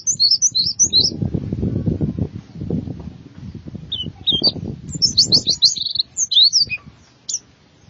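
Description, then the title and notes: White-eye song: quick high chirps at the start, then scattered notes building into a fast twittering burst, over a low rumbling background noise. "Suara kicauan burung pleci"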